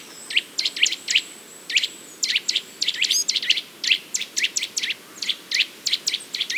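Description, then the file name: Eurasian nuthatch giving short, sharp, high calls in quick, uneven series with brief pauses, over faint background hiss. "Sitta europaea"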